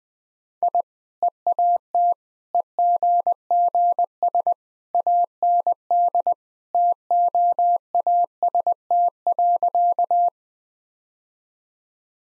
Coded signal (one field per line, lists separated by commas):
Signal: Morse code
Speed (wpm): 20 wpm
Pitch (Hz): 700 Hz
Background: none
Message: I EAT EGGS AND TOAST.